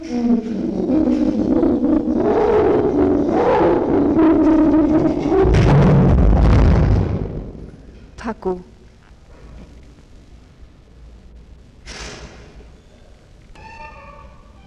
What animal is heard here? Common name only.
Chimpanzee